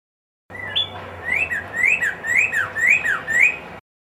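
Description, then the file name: Red-crested cardinal song, a phrase of several swinging whistled notes, each rising then dropping, steady and clear. Song variation 3. "suara kicauan burung red crested cardinal. omkicau"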